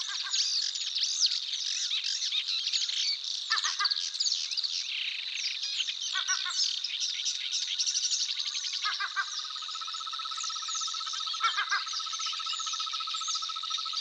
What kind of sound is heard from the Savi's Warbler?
song